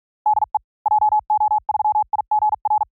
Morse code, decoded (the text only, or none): DE JO3IGR